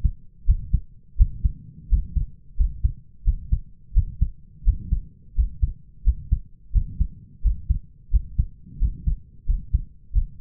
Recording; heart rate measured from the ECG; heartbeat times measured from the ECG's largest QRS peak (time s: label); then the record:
heart sounds by stethoscope; 87 bpm
0.46 s: heartbeat
1.17 s: heartbeat
1.89 s: heartbeat
2.57 s: heartbeat
3.24 s: heartbeat
3.94 s: heartbeat
4.64 s: heartbeat
5.35 s: heartbeat
6.04 s: heartbeat
6.72 s: heartbeat
7.42 s: heartbeat
8.11 s: heartbeat
8.79 s: heartbeat
9.46 s: heartbeat
10.13 s: heartbeat
From the record:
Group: healthy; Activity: rest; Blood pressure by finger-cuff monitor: 86/52 mmHg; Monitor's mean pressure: 63 mmHg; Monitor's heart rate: 88 bpm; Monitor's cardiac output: 6.4 L/min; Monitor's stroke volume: 74 mL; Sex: male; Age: 22 years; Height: 181 cm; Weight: 60 kg